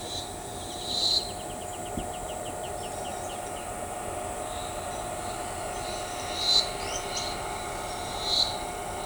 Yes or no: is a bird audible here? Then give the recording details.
yes. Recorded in shrubland near Pivijay, Magdalena, Colombia, on 15 April 2023 at 12:00. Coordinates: 10.453, -74.365. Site P5-G022